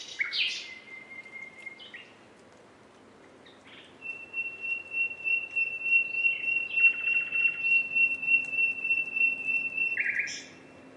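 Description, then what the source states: Common nightingale song with a short whistle, a pause, then a long steady high whistle held for about six seconds, broken by a buzzy trill, ending in a sharp note. Recording described as a nightingales' concert.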